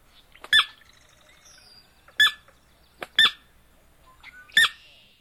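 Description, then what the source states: Sora calls: five sharp, abrupt keek notes at uneven intervals, separated by quiet gaps with faint higher twitters. Used for marsh bird monitoring survey training.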